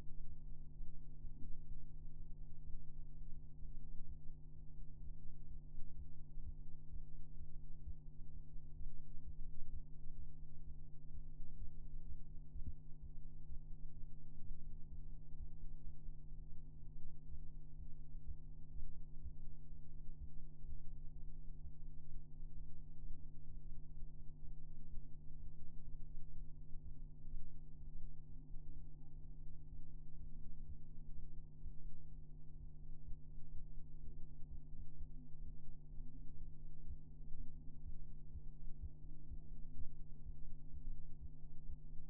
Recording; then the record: fetal heart sounds by stethoscope on the mother's abdomen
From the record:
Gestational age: 33 weeks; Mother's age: 21 years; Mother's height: 151 cm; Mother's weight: 51 kg